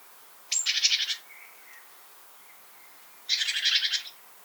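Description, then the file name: Great tit scolding with two grating buzzy churr rattles about three seconds apart, a faint soft whistle heard between them. "Parus major"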